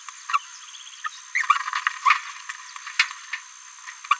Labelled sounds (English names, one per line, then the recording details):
Green-rumped Parrotlet babbling
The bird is a female
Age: 27 days
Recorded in a nest box in Venezuela
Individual 17B73B3